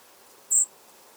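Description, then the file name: European robin giving one thin, very high, sharp tsee note, brief and level, over a quiet background. "Erithacus rubecula"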